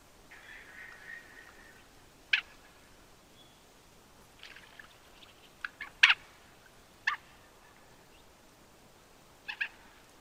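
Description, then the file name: Mandarin duck giving brief abrupt calls, one isolated, then a quicker cluster of several and a final double note, over a soft warbling sound early on. "pato-mandarín-Aix-galericulata"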